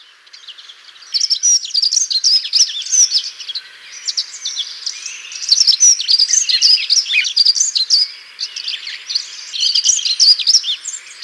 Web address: dunnock song and calls